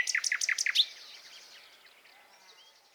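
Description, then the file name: Common nightingale song fragment: several quick, loud, repeated notes in under a second, then a fading trail of faint chirps. "Luscinia megarhynchos"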